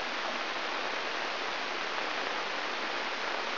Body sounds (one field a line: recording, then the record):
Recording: brain microelectrode recording played as sound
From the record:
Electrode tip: inside the subthalamic nucleus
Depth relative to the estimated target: 0 mm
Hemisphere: right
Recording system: AlphaMap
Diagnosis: Parkinson's disease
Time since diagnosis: 13 years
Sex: male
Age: 63 years